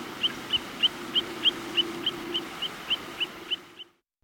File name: long billed plover